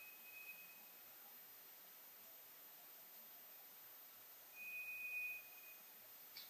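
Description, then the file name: White's thrush song: a faint level whistle, then a stronger, long, thin whistle about four seconds later, over soft background hiss. Recorded 2 July 2007. "toratugumi 20070702"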